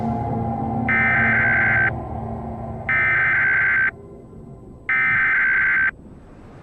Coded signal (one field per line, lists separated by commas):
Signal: Emergency Alert System (SAME) tones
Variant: header bursts